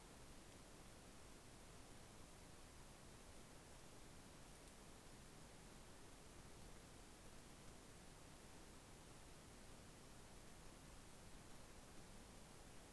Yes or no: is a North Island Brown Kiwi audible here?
no